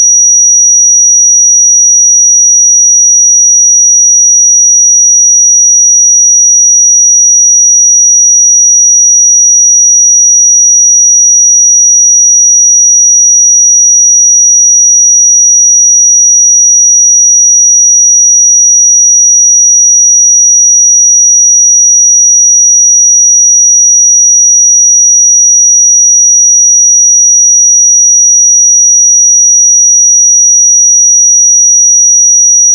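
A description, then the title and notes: A pure sine tone at 5790 Hz holds perfectly steady for the full half minute, thin and piercingly bright. It never wavers in pitch or loudness, with no pauses, no other sounds and complete silence around it. 5790 Hz 1 Hz Interval Sine Pure Tone Frequency 441000 Sample Mono.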